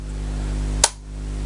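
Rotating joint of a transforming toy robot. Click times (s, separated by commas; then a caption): 0.8 s. The plastic rotating joint of a Young Toys Tobot V Air Hyde transforming robot toy is turned the other way and gives one sharp, bright click at 0.8 s over a steady low hum. The joint locks into its second position.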